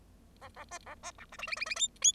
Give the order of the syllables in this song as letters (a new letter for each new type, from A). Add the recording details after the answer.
A A B A B C D E E E E F F. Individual Bird0